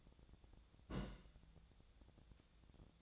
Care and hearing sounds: daily activity, microphone in the room; place on stove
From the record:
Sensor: 3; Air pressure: 999.9 hPa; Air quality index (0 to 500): 125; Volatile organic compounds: 2 ppm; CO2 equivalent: 1119 ppm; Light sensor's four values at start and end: 47/118/51/57 and 47/118/51/57

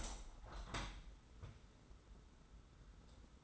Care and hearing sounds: daily activity, microphone in the room; open window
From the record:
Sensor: 3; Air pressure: 991.3 hPa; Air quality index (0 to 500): 124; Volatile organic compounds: 123 ppm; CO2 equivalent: 3894 ppm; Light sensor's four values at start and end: 48/133/54/47 and 49/134/54/48

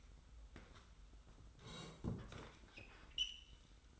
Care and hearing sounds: daily activity, microphone in the room; sit down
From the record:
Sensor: 3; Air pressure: 990.4 hPa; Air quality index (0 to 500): 171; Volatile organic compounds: 1000 ppm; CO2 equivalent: 5550 ppm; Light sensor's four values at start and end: 42/98/40/38 and 42/98/40/39

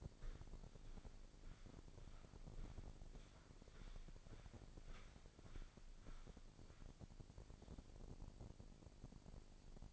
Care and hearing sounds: daily activity, microphone in the room; walk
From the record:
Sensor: 5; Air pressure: 1009.4 hPa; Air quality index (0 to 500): 147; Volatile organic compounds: 2 ppm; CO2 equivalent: 1139 ppm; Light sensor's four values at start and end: 321/760/328/366 and 320/757/327/365

